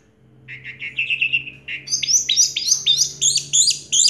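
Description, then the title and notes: Orange-headed thrush song: a run of quick repeated mid-pitched notes, then rapid higher chattering phrases, over a faint low hum. Anis merah song in the 'teler' style, with a clear voice. "Anis Merah Teler Suara Jernih. suara anis merah"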